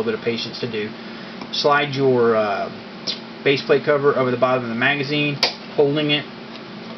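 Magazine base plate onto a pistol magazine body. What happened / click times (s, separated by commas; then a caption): The base plate did not lock onto the magazine / none. Someone talks while sliding a polymer base plate over the bottom of a Glock pistol magazine body, holding the spring down. The base plate does not lock; it pops back off, which is bad, and nothing has seated or clicked yet.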